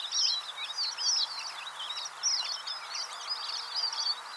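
Red avadavat song: continuous high, sweet twittering of quick chirps and short warbled phrases, with no pauses and no other clear sounds.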